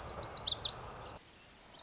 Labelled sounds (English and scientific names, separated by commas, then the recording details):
Lazuli Bunting (Passerina amoena)
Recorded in Sonoma County, California